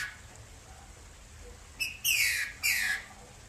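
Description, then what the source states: Green-winged saltator delivering two strong, clear whistles that slide downward, preceded by a soft short note, with light hiss behind. Female.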